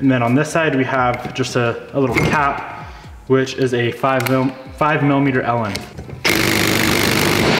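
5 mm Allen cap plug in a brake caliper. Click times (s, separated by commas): 6.4 s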